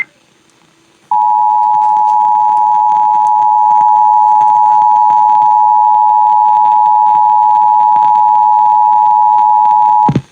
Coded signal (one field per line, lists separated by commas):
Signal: Emergency Alert System (SAME) tones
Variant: 853 and 960 Hz attention tone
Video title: IPAWS Weekly Test (8/16/21)(EAS 870)